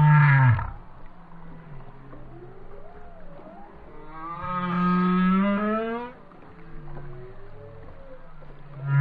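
Whale song: a deep low groan, a softer rising moan, then a long upward-sweeping harmonic wail and another low groan.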